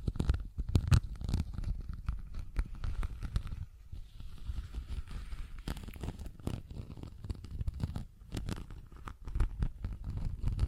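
Tapping, scratching and zipper sounds fill the clip with a dense, uneven run of short clicks and scrapes. Sharp taps land every fraction of a second, a brief quieter gap falls near four seconds, and a low rumbling texture runs underneath throughout.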